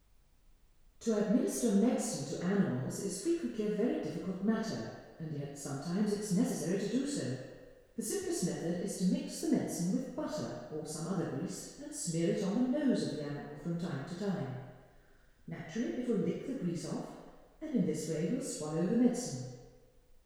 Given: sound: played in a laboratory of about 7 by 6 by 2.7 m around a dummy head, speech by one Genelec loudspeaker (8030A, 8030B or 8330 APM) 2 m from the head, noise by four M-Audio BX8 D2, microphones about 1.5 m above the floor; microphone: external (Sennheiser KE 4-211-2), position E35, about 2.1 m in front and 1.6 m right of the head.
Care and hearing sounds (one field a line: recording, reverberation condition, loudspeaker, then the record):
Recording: female speech in English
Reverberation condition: high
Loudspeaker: 30 degrees to the right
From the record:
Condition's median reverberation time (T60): about 1300 ms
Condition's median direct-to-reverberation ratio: about -4.0 dB